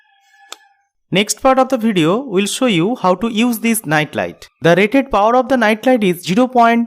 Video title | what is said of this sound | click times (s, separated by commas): realme motion activated night light unboxing & review... | icon when the back cover will be successfully locked you will get one click sound here | 0.5 s